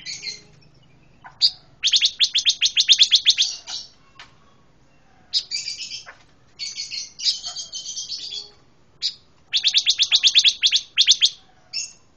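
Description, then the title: Pancawarna song: rapid bursts of high, sharp chirped notes in several dense volleys separated by short pauses. Song praised for its strong 'tembakan' (bursting delivery). "Pancawarna mantab tembakane"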